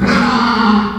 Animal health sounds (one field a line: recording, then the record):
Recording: squeal of a Yucatan mini pig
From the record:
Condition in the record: after surgery on the right vocal fold (resection and tissue-engineered implant)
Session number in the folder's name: 16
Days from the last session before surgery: 183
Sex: female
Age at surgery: 19 weeks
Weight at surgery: 25 kg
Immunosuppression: prednisolone